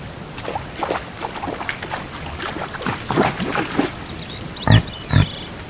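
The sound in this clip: Reindeer grunts: a run of soft, rapid low clicks and grunts, then two louder gruff grunts near the end, with thin bird twitters high above and background hiss.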